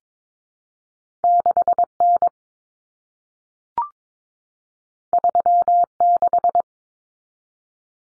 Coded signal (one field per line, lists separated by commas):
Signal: Morse code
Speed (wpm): 22 wpm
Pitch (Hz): 700 Hz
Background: none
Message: 6N 36